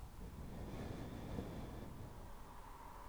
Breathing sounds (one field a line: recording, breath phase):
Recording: one breath near a microphone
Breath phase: exhalation